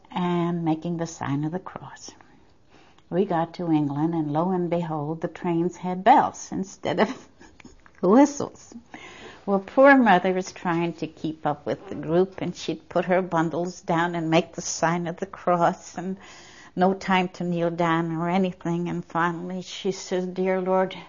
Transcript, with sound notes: and making the sign of the cross. We got to England and lo and behold, the trains had bells instead of (she laughs) Well, poor mother was trying to keep up with the group and she'd put her bundles down and make the sign of the cross and no time to kneel down or anything, and finally she says, "Dear Lord,